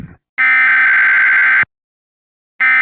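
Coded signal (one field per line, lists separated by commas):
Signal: Emergency Alert System (SAME) tones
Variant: header bursts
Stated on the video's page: Mock cable-system required weekly test for Seattle, not a real alert.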